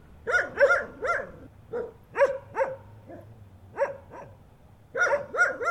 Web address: Sound Effects-Foundation 2 DOGS UNKNOWN BARKING NIGHT